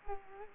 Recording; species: mosquito wingbeat signal from an infrared sensor; Culex quinquefasciatus